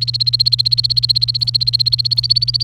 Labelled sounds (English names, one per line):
Domestic Canary song